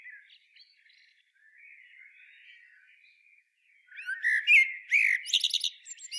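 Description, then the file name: Common blackbird song: quiet, wandering warbled notes leading into a loud, squeaky, high-pitched twitter at the close. "Turdus merula"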